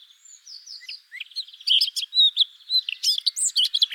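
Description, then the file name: Eurasian blackcap song: a quiet chattering start swelling into loud, clear fluty whistles over about four seconds. "Sylvia atricapilla"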